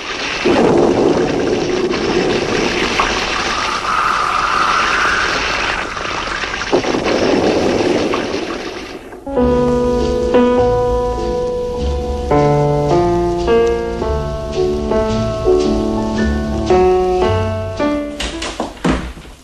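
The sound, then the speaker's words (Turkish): A steady, loud hiss of heavy rain in a storm, with deep rumbling thunder swells rolling underneath, breaking off about halfway as music with sustained tones takes over. “Fırtınadan vapur işlemiyormuş.”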